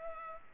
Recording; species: mosquito wingbeat signal from an infrared sensor; Culex pipiens